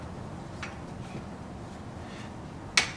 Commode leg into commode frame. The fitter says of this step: that locks in the leg same thing on this side you swing it around